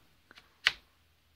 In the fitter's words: it clicks and you can put your screws on the side so